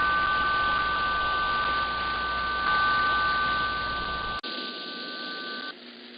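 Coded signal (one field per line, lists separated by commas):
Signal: numbers station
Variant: HM01, RDFT data burst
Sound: two steady high tones over a dense rushing hiss, briefly cutting out near the end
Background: radio static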